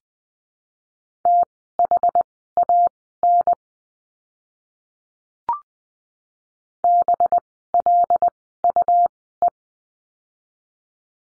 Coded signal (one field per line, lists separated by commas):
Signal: Morse code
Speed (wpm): 20 wpm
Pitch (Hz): 700 Hz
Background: none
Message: THAN BLUE